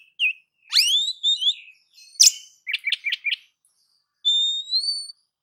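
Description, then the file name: Oriental magpie-robin song mixing rising whistled slurs, a harsh note, a quick chirp series and a long, steady, slightly rising whistle at the end. "Suara-Kacer-Versi-7"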